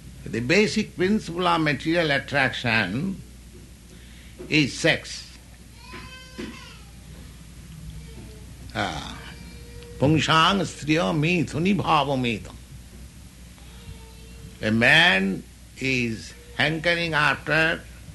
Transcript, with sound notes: The basic principle of material attraction is sex. [child crying] Pumsaḥ striya mithuni-bhavam etam A man is hankering after